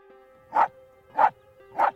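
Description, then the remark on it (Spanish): A small female dog named Lulú barks three times, short sharp yaps evenly spaced about half a second apart, fairly high-pitched, over a faint steady background hum with no talking. “Había una vez una perrita llamada Lulú, y cada mañana jugaba con su peluche llamado Pinto.”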